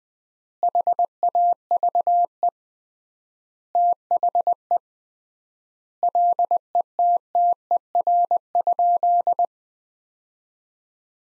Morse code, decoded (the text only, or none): HAVE THE LETTER?